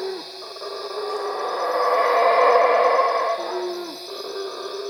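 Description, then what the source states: Howler monkey roar swells and fades, framed by short sliding moans at the start and near the end. At Cuevas.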